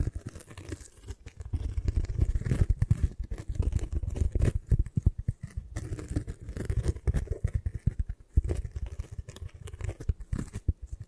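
Dense, irregular tapping and scratching from an eye massage, with quick clicks and brushing strokes packed closely together throughout. The sound is mostly low and thuddy with rustly, crinkly edges, and it dips into brief quieter gaps around eight seconds.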